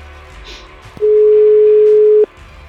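A telephone ringing tone: one steady, loud, low-pitched electronic beep lasting just over a second, bracketed by small clicks of the line, over quiet background hiss with no talking.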